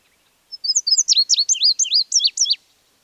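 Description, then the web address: Bird producing a brisk burst of shrill chirps, each dipping sharply in pitch, delivered quickly for about two seconds in otherwise quiet surroundings. An exotic bird with unusual colouring. "sonido de un pajaro exotico con una coloracion inusual"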